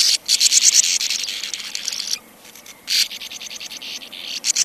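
Sand martin: rapid, grating, buzzy chatter, broken by a brief near-silent gap midway before the rasping resumes.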